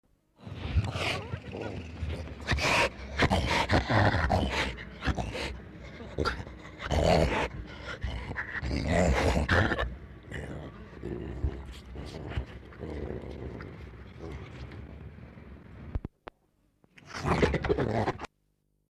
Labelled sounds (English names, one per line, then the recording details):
Tiger
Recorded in captivity
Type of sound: growling, hiss
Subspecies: altaica
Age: adult
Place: Tierpark Berlin, Berlin, DE
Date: 1960-02-15
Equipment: Reporter, Vollspur
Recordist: TSA
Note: Sibirischer Tiger: gereizt. Februar 1960